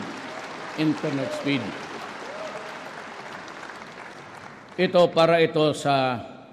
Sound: applause